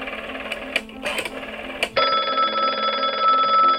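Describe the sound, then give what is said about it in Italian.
An old-fashioned telephone bell rings as Italian Prime Minister Alcide De Gasperi makes a phone call on the evening of 14 July, first in a few short rattling bursts, then as one sustained, even metallic ring that keeps going to the end, with no voices present. “Alla sera di quel 14 luglio, il presidente del Consiglio Alcide De Gasperi fa una telefonata.”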